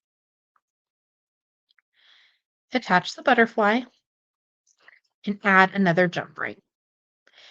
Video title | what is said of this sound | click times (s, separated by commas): How to create a zig zag bracelet with Soft Flex Beading Wire | it a close. We'll hear that little click. | 7.3 s